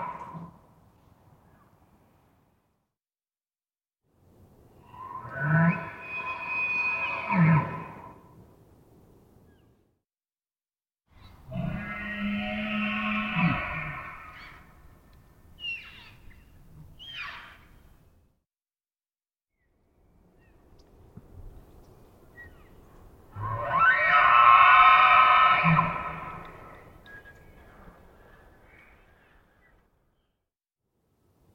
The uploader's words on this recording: Elk Roars. Male elk can seem like frightening beasts of the dark when letting out their full-throated chesty roars. Isolated from Double mid-side soundscape original, multiple herds surround campsite in early morning hours, processed with light noise expansion. Recorded in the Beautiful Pacific Northwest in Washington, Untied States.